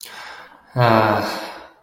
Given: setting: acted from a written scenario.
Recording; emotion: vocal sound without words; serenity